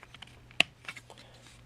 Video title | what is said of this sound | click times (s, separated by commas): Rise of the Beasts Mainline Rhinox (Random Review) | There. Click that into place. | 0.6 s